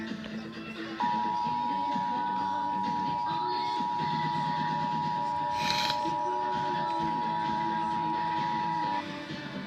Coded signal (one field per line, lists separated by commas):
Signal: Emergency Alert System (SAME) tones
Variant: 853 and 960 Hz attention tone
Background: music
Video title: Tornado Warning EAS #129